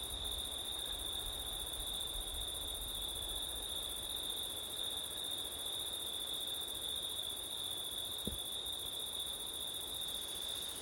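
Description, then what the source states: Crickets keep up an unbroken shrill trill; a single short click sounds once near the end over soft wind hiss. Crickets at night in September, with wind; recorded with an ORTF stereo setup (given as 'ortif').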